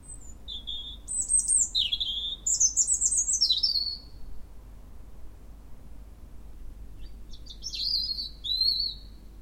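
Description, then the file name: European robin delivering two bursts of sweet, high, rapidly changing warbled phrases separated by several seconds of quiet, over a faint background hiss. "Erithacus rubecula"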